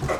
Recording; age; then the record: pig call; growing-finishing pig (85 days or more)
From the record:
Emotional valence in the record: positive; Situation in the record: run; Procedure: transit